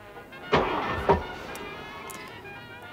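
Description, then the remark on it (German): A Studebaker car engine, on a small incline, tries to start but fails to catch: two sharp, strained bursts of cranking rise over a steady mechanical whir, then fade without the motor running. “Was ist denn mit dem Wagen los?”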